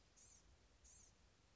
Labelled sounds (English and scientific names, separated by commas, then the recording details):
Blue-gray Gnatcatcher (Polioptila caerulea)
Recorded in Sonoma County, California